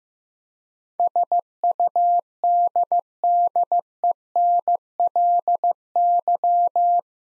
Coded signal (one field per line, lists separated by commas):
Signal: Morse code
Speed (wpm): 15 wpm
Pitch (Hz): 700 Hz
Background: none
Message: SUDDENLY